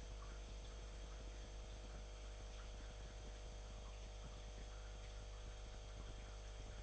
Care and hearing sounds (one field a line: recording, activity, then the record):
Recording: daily activity, microphone in the room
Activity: make coffee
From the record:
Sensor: 5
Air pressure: 1002.1 hPa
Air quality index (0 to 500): 217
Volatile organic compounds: 24 ppm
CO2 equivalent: 2822 ppm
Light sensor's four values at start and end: 10/23/9/10 and 10/23/9/10